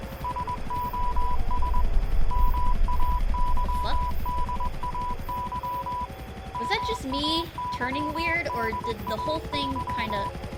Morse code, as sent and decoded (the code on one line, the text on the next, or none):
... --- ... / -- .- -.-- -.. .- -.-- / -- .- -.-- -.. .- -.--
SOS MAYDAY MAYDAY